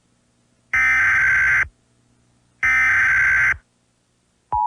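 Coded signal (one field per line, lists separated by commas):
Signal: Emergency Alert System (SAME) tones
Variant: header bursts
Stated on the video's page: Fictional EAS mock in analog horror style, with loud, scary tones.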